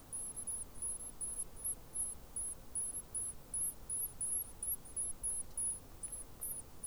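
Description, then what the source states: Rock wren begging calls, a steady series of very high, thin squeaky notes repeated several times a second over a low background hiss. Chicks begging, New Zealand.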